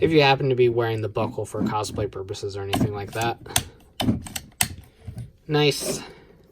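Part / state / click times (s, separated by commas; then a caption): plastic toy medal into belt buckle holster / not seated / none. Someone talks while handling a plastic toy medal against a belt buckle holster, with a few sharp handling taps and knocks around 4.6 to 5.4 seconds. The medal has not yet seated or clicked into the holster by the end of the clip.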